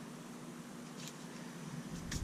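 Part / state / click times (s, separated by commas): thermopile lead connector into water heater gas control valve / not seated / none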